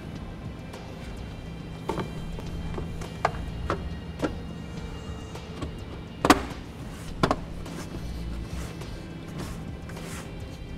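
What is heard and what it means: On a 2014 Toyota Prius c, a plastic rear door threshold trim panel is pressed down onto the car body sill, with the trailer wiring kept clear of its clips. Sharp snapping hits ring out as the clips seat at about 3.2, 6.2 and 7.2 seconds, over a steady low hum. The trim panel ends up clipped into place.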